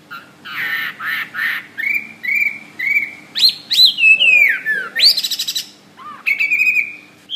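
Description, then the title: Bird song mixing harsh rasping bursts with level whistles and swooping slurred notes, ending on a held whistle. "SuaraBurung Kicau"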